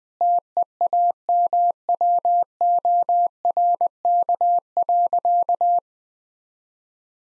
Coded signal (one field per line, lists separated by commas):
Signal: Morse code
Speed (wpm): 21 wpm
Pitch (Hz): 700 Hz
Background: none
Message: TEAMWORK.